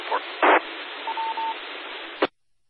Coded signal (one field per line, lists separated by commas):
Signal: none